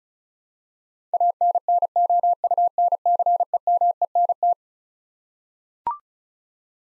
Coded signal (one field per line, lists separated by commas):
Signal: Morse code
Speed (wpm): 36 wpm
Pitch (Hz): 700 Hz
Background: none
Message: ANNOUNCEMENT